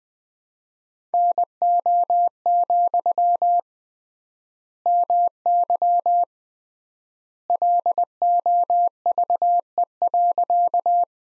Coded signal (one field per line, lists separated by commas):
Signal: Morse code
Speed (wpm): 20 wpm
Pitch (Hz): 700 Hz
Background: none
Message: NO, MY LOVE.